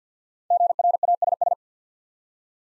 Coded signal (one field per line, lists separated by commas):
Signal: Morse code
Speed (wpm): 48 wpm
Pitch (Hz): 700 Hz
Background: none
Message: GRASS